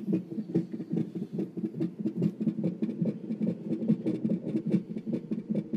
Just this heartbeat sound she recorded on her cell phone. Baby's heart's beat super, super fast, so it sounds like a rabbit or something. This heartbeat pops up.